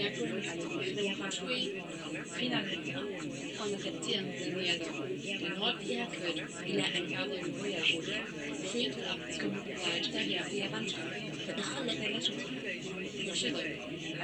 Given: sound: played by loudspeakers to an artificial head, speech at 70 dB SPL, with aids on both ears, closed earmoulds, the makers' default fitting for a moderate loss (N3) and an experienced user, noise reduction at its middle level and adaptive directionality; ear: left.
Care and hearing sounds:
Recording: speech test signal (ISTS) in cocktail-party noise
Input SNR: -3 dB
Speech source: on the right (90 degrees)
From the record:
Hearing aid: class 1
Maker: C

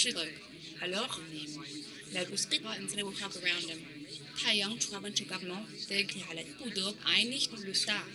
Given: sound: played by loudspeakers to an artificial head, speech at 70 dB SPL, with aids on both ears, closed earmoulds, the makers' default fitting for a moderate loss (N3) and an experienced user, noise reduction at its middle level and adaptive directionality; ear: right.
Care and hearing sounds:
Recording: speech test signal (ISTS) in cocktail-party noise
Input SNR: +3 dB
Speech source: on the right (90 degrees)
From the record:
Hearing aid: class 2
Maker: J

